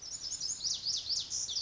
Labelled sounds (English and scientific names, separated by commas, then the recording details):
Lazuli Bunting (Passerina amoena)
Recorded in Sonoma County, California